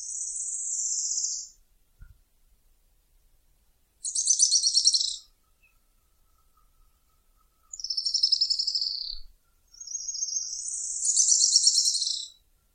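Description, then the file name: Araucaria tit-spinetail giving four bursts of very high, rapid trilling, mixing thin smooth phrases with harsher rattling ones, mostly spaced a couple of seconds apart in a quiet setting. "canto do grimpeiro"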